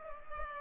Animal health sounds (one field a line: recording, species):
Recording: mosquito wingbeat signal from an infrared sensor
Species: Culex pipiens